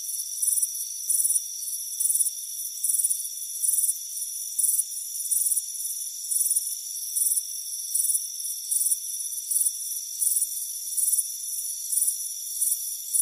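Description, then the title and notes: Steady cricket chirping, short high trills repeating at a steady pace, with a faint continuous ringing tone. Crickets chirping on a warm afternoon by a front porch with a hammock. "Soothing Crickets Chirping Sound. It's a warm afternoon as you relax in a hammock on the front porch. Relax and fall asleep to the soothing sound of chirping crickets"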